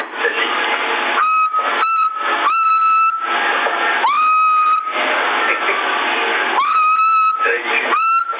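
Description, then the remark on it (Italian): Steady whistling tones cut in and out over a hissy, band-limited CB radio channel in Sassari in June 2020, several sustained beeps with sharp harmonics, interrupted by bursts of noisy static and garbled transmission. “Bello beh, fischia.”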